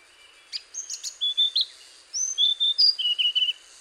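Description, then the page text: Hainan blue flycatcher singing a quick phrase of high clear whistles that swoop up and down, then a second phrase closing on a lower wavering trill, over soft background hiss. "Antero Lindholm - Хайнаньская голубая мухоловка-циорнис (Cyornis hainanus)"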